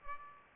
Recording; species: mosquito wingbeat signal from an infrared sensor; Aedes aegypti